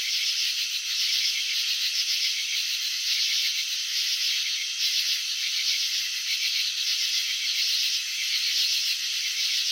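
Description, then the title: Chirping crickets make an unbroken high rattle, pulsing quickly with mild rises and dips in loudness. Crickets chirping, filmed in slow motion; wing vibrations and antenna movements shown. "Crickets in Slow Motion 📷. Capturing the Elegance of Chirping"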